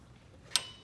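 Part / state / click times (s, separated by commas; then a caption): depth stop turret on a benchtop thickness planer / seated / 0.6 s. The depth stop turret on a Dewalt 12.5 inch benchtop thickness planer is rotated from the 3/4 inch setting down to the 1/2 inch position, with pressure taken off the planer head. Over a quiet low hum, a single sharp, bright click rings out at 0.6 s and quickly fades. The turret has snapped into its detent and is seated.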